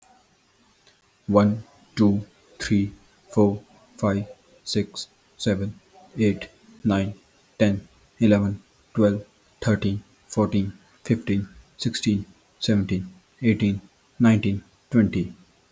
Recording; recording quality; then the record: counting at a normal pace; excellent, no background noise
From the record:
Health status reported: healthy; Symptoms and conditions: none ticked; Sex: male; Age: 22 years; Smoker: not ticked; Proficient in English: yes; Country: India